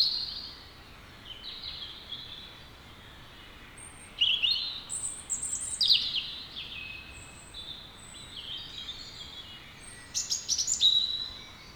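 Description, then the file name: European robin song: clear high whistled notes alternating with quick tinkling flourishes, phrases spaced several seconds apart, with low hiss. "Erithacus rubecula"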